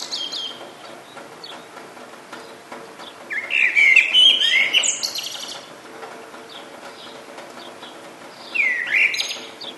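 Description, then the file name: A bird gives a short twittering, whistled phrase with a buzzy ending, then a brief chirp several seconds later, over faint background calls. "zvuki peniia ptits"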